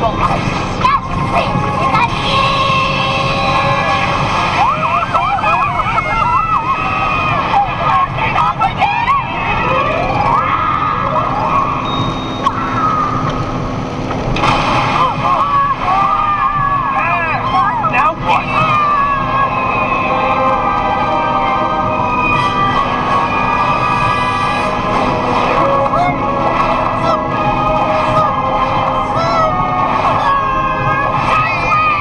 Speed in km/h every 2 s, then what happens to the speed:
105, 104, 104, 103, 103, 102, 101, 100, 99, 99, 98, 98, 99, 99, 101, 102.
0-21 steady at about 102.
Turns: none.